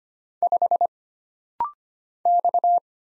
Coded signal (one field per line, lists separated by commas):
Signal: Morse code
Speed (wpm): 25 wpm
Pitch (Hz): 700 Hz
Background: none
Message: 5 X